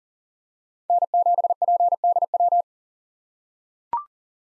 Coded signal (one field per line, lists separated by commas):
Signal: Morse code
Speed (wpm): 40 wpm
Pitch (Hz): 700 Hz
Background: none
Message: N7PDW